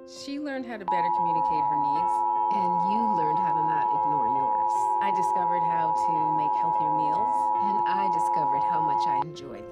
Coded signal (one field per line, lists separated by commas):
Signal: Emergency Alert System (SAME) tones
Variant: 853 and 960 Hz attention tone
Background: speech